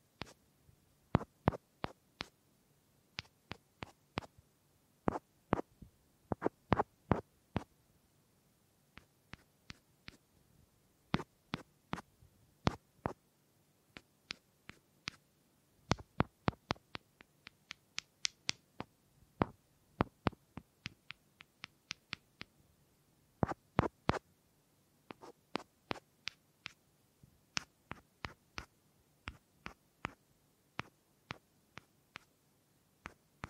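Wooden taps and knocks, sharp and dry, come in quick clusters with short pauses between them throughout. Some bursts are rapid runs of clicks, others single firm hits. A faint low hum sits steadily underneath.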